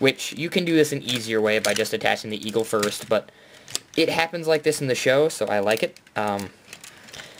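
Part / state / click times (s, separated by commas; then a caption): wing piece into the combined robot toy body / seated / 6.7 s. A plastic eagle or wing piece on a combining robot toy is pushed down into the combined robot body while someone talks. A single sharp ratchet-like click at 6.7 s marks the wing part locking into place.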